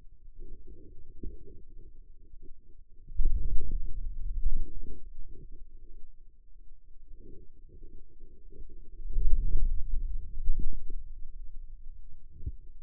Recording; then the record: forearm muscle sounds (acoustic myography)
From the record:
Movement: hand closing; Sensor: system 2, bracelet of six BSWA MPA416 microphones around the upper forearm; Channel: 5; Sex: male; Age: 22 years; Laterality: right